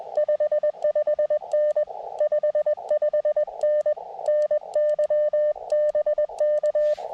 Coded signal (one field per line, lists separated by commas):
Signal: Morse code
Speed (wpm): 21 wpm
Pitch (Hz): 600 Hz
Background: none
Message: 55N 55N NY BK